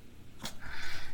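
One quick, sharp puff of air from a small pet cat, a single sneeze while she is being held and kissed, over quiet room noise.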